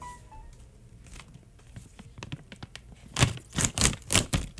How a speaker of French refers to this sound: c'est le moment d'ouvrir l'emballage